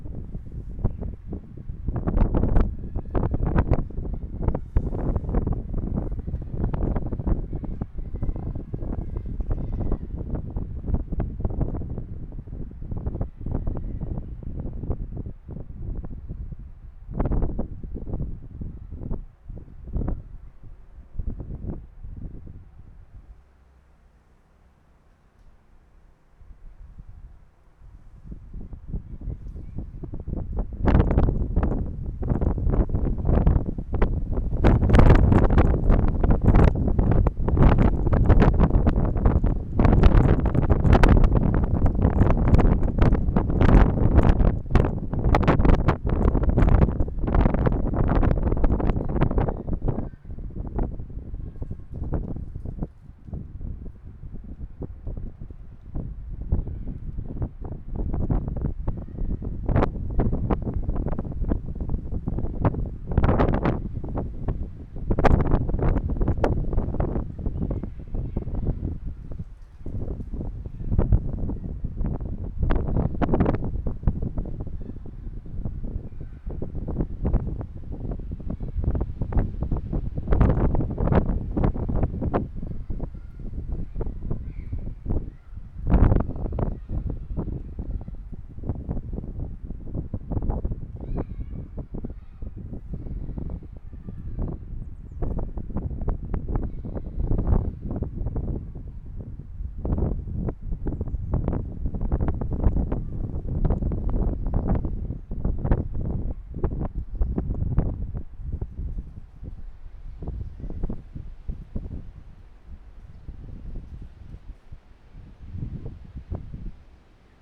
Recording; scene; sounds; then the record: everyday scene through a hearing-aid microphone; wind on the microphone; squally wind, voices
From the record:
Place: parking lot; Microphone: behind the ear, right, rear